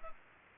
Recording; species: mosquito wingbeat signal from an infrared sensor; Culex pipiens